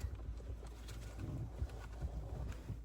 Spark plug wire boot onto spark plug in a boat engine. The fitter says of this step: That was a click. Yep, that doesn't There it goes. Click. Little tiny snap.